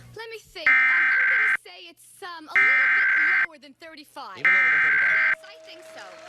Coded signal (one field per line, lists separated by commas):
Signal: Emergency Alert System (SAME) tones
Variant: header bursts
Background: speech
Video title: EAS Alerts from 1/15-1/19 [EAS #163-181]